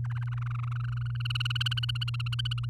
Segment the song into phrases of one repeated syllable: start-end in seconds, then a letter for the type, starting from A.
0.04-1.22 A, 1.25-2.65 B